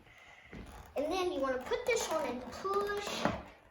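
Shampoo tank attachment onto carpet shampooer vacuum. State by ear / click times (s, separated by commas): not seated / none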